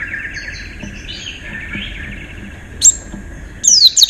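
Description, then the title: White-eye sings a soft, buzzy trill, then gives sharp, high, falling whistles near the end. "Pleci. Haji Ifa Kudus"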